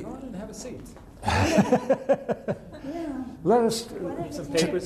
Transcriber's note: they laugh